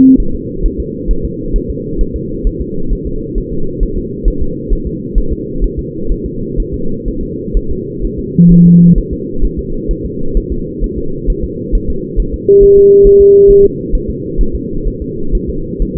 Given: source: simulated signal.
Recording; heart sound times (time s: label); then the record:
fetal heart sounds
0.20 s: S1
0.35 s: S2
0.66 s: S1
0.80 s: S2
1.11 s: S1
1.25 s: S2
1.56 s: S1
1.70 s: S2
2.01 s: S1
2.16 s: S2
2.47 s: S1
2.61 s: S2
2.93 s: S1
3.07 s: S2
3.38 s: S1
3.53 s: S2
3.83 s: S1
3.98 s: S2
4.28 s: S1
4.42 s: S2
4.73 s: S1
4.87 s: S2
5.18 s: S1
5.33 s: S2
5.64 s: S1
5.79 s: S2
6.12 s: S1
6.26 s: S2
6.60 s: S1
6.74 s: S2
7.08 s: S1
7.23 s: S2
7.57 s: S1
7.71 s: S2
8.05 s: S1
8.19 s: S2
8.52 s: S1
8.66 s: S2
8.98 s: S1
9.13 s: S2
9.45 s: S1
9.59 s: S2
9.91 s: S1
10.05 s: S2
10.37 s: S1
10.52 s: S2
10.84 s: S1
10.98 s: S2
11.30 s: S1
11.44 s: S2
11.75 s: S1
11.90 s: S2
12.20 s: S1
12.34 s: S2
12.63 s: S1
12.78 s: S2
13.07 s: S1
13.21 s: S2
13.50 s: S1
13.65 s: S2
13.95 s: S1
14.10 s: S2
14.41 s: S1
14.55 s: S2
14.88 s: S1
15.02 s: S2
15.35 s: S1
15.49 s: S2
15.82 s: S1
15.97 s: S2
From the record:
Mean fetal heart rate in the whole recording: 130 bpm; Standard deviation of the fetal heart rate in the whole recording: 4 bpm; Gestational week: 38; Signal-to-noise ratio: -8.1 dB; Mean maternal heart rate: 72 bpm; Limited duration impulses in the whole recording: present